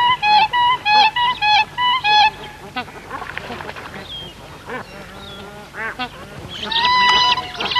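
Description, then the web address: Siberian crane calls: a run of loud, evenly spaced fluting notes at first, then softer, scattered calls before a renewed chorus at the end. "earth naturelibrary assets s si siberian crane"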